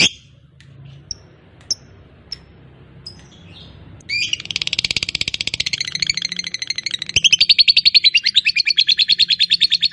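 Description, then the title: Lovebird calls: a few soft chirps, then a long, fast, harsh chattering ngekek run building in strength, over a low background hum. Fighter-type lovebird; the recording features its long ngekek (ngekek panjang). "Begitu Dengar Suara Lovebird FIGHTER NGEKEK PANJANG"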